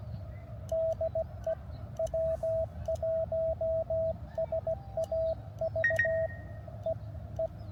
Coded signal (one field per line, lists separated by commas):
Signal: Morse code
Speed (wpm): 16 wpm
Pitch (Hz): 650 Hz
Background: radio noise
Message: DE W1SAV E E